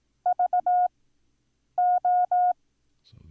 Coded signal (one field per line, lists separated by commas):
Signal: Morse code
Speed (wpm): 18 wpm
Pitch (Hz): 720 Hz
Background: none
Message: VO